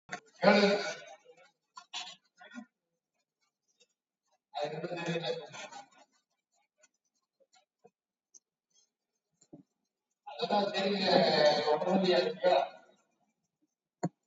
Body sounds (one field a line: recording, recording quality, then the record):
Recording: deep breathing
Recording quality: poor, much background noise or distortion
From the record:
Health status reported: COVID-19 positive, mild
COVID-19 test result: positive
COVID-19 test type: RT-PCR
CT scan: taken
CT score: 0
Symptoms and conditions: cough, cold, sore throat, fever, fatigue, loss of smell and taste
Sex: male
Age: 63 years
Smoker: no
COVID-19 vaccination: both doses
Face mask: worn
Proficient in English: yes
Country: India